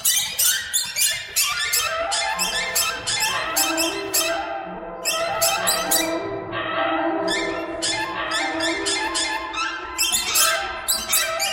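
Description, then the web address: Bird calls, squeaky and rasping, in rapid overlapping bursts, with a brief lull before the chatter picks up again. "soundfactory birds"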